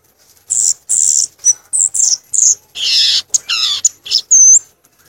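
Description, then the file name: Violaceous euphonia song: a series of very high, buzzy notes in short blocks, some harsher chattering phrases, and a final pure whistle. "canto do gaturamo verdadeiro"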